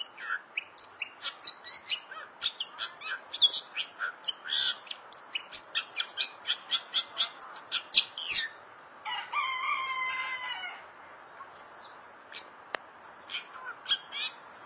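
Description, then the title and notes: Starling or myna calls: a long series of rapid, harsh clicks and chatters, then a drawn-out nasal note, then scattered squeaks. "suara burung jalak"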